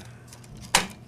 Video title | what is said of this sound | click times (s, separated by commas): czyszczenie głowicy w drukarce epson dtg 4880 | give it a little wiggle pops right into place you might or might not hear that click okay | 0.8 s